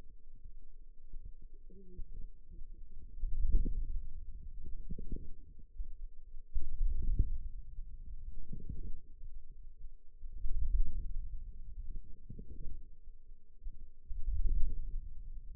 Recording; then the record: forearm muscle sounds (acoustic myography)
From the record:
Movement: wrist flexion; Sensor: system 2, bracelet of six BSWA MPA416 microphones around the upper forearm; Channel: 3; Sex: female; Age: 21 years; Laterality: right